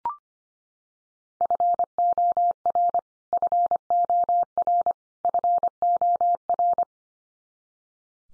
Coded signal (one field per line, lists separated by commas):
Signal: Morse code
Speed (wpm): 25 wpm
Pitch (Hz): 700 Hz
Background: none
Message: FOR FOR FOR